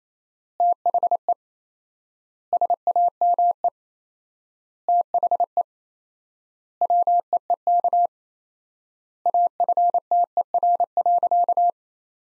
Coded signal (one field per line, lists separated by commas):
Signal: Morse code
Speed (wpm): 28 wpm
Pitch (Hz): 700 Hz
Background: none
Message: THE SAME THE WEEK AFTER.